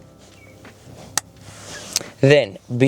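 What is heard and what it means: A folding campervan seat is brought forward with the knees while the safety release is held, then clipped into its floor latch. A loud, sharp metallic click at 1.2 s shows the seat seating in place, followed by another sharp click at about 2.0 s. Someone talks near the end.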